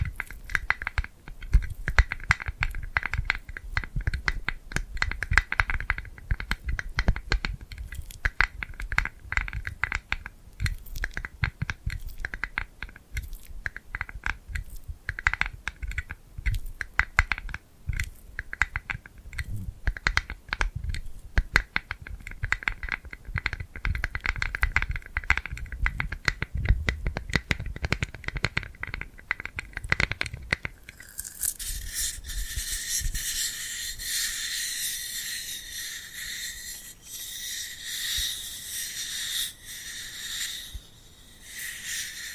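Tingly glued hand sounds: dense, rapid sticky crackles and taps for thirty seconds, then a brighter, hissing, continuous peeling rustle to the end.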